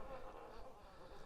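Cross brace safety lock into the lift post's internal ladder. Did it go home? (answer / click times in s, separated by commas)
no / none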